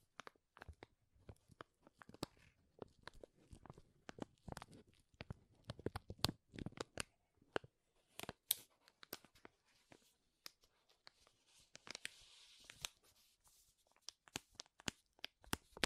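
Powerful crinkles: sharp, dense bursts of crackling and rustling, like plastic or foil being crushed and handled. The sharp snaps come irregularly and rapidly throughout, with brief quieter gaps, and a brighter hissy rustle swells around twelve to thirteen seconds.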